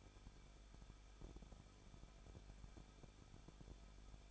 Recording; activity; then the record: daily activity, microphone in the room; no activity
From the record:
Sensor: 5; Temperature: 20.8 degrees Celsius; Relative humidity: 38.3%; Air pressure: 1006.5 hPa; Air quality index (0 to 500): 186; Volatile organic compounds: 18 ppm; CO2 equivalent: 2604 ppm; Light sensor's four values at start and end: 2/3/1/1 and 2/3/1/1